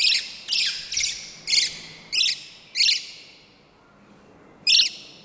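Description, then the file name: Eurasian blackbird giving loud harsh chak notes, about one every half second, then a pause and one more note. "Turdus merula"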